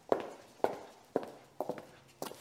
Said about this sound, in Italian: Adesso le suole di cuoio delle sue scarpe calpestavano un fine mosaico di marmo e granito, producendo un rumore acuto che si riverberava ovunque.